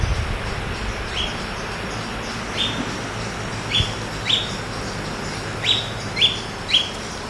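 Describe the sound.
Bird giving short, high chirps that drop sharply in pitch, irregularly spaced, over a broad noisy background.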